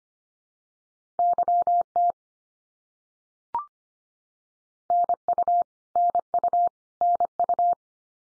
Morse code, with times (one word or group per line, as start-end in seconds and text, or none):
1.2-2.1 YT
4.9-5.6 NU
6.0-6.7 NU
7.0-7.7 NU